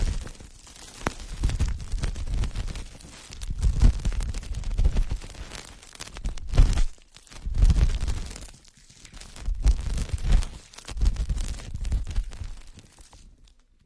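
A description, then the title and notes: Ear picking, heard as bursts of dense scratching and crackly rustling with sharp little pops, swelling and fading every two or three seconds. Brief near-silent pauses fall between strokes, with a deep, muffled rumble underneath. Delicate and high-end feeling, positive pressure, various ear picking methods.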